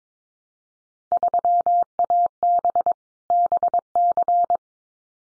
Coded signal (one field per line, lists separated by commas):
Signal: Morse code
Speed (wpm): 22 wpm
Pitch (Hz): 700 Hz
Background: none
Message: 3AB BC